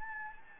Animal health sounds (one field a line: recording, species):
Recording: mosquito wingbeat signal from an infrared sensor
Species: Anopheles gambiae